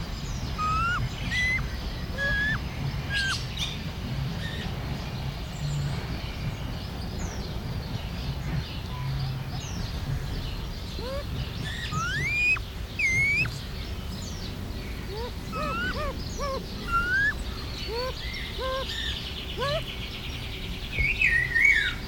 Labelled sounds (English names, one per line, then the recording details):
Bare-faced Curassow
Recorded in captivity
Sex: pair
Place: Zoo Berlin, Berlin, DE
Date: 1996-04-27 18:17
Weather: heiter, 17°C
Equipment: Sony MD-WM MZ-R3, Sennheiser MKH 416 T, Kopie Uher 4000 Report Monitor
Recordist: Tembrock, Günter